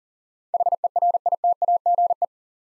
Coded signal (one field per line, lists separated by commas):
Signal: Morse code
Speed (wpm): 41 wpm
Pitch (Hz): 700 Hz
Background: none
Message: HERITAGE